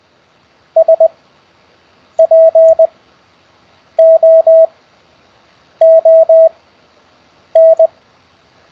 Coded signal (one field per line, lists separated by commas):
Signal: Morse code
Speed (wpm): 20 wpm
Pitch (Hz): 650 Hz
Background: none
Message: SPOON